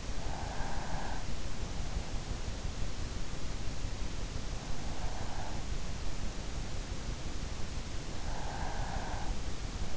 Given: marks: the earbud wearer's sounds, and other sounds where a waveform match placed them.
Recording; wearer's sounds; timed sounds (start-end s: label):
sounds in sleep by an in-ear microphone; breath
0.00-1.48 s: breath
4.85-5.77 s: breath
8.23-9.54 s: breath